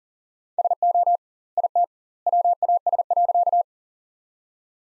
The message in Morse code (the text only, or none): SO IT WAS.